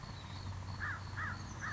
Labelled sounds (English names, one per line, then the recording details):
American Crow
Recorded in Sonoma County, California